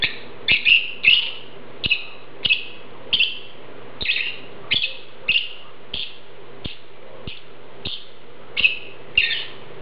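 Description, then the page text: Lovebird calls: a series of shrill, raspy chirps, now and then paired, with sharp clicks and a low background hum. "Попугай неразлучник - Голос"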